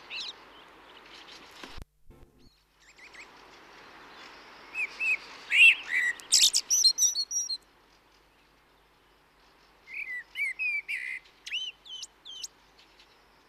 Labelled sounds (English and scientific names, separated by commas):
Common Blackbird (Turdus merula) song